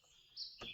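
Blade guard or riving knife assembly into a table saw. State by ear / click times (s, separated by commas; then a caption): not seated / none. A part of a Ryobi 18-volt cordless table saw, the blade guard or riving knife assembly of metal and plastic, is pushed into position on the saw. A high, chirp-like tone rises around 0.4 s, followed by a broader burst of handling noise from about 0.6 s. Nothing has seated or clicked yet; the part is not yet locked home.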